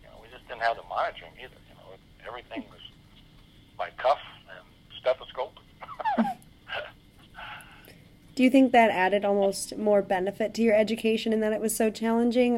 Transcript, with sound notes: We just didn't have the monitoring, either. Everything was by cuff and stethoscope. (laughs)
Do you think that added almost more benefit to your education in that it was so challenging?